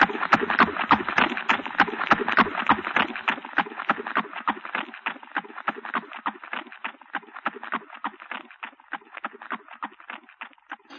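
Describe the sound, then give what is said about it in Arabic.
The hooves of many horses ridden by approaching horsemen clatter in a fast, dense galloping rhythm, sharp clip-clop strikes that stay loud at first and then ease slightly in level over about eleven seconds, with no voices. “الله شوف، الله ده اخباره فرسان.”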